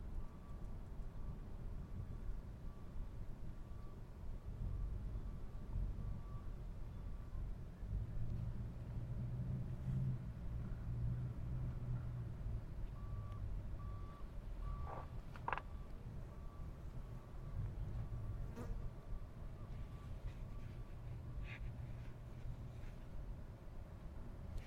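Outdoor ambience from a manzanita barren in Montclair, CA: a steady low rumble like passing traffic runs throughout. A thin, even buzz comes and goes, probably an insect, with a few sharp ticks near 15 and 19 seconds and faint high chirps later.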